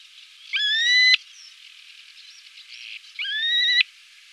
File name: terek sandpiper